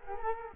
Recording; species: mosquito wingbeat signal from an infrared sensor; Culex quinquefasciatus